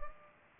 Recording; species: mosquito wingbeat signal from an infrared sensor; Culex pipiens